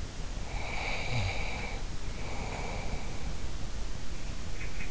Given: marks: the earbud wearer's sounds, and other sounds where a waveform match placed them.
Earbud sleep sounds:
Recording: sounds in sleep by an in-ear microphone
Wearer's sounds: snoring breath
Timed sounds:
0.51-3.50 s: snoring breath

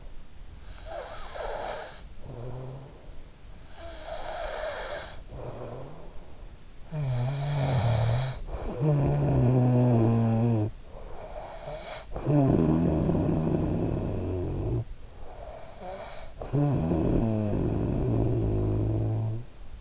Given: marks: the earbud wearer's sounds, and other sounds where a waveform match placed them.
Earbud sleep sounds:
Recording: sounds in sleep by an in-ear microphone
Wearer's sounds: snoring breath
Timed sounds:
0.21-6.21 s: snoring breath
6.50-15.13 s: snoring breath
15.93-19.76 s: snoring breath

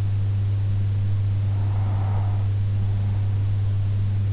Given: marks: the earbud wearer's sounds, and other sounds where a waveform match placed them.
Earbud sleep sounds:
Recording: sounds in sleep by an in-ear microphone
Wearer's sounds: breath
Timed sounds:
1.24-3.24 s: breath

